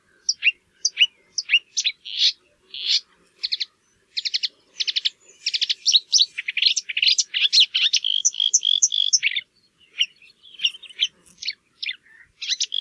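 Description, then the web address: Marsh warbler song: a continuous, varied stream of high trills, chatters and whistled notes, growing denser in the middle before short pauses. "geluiden bosrietzanger"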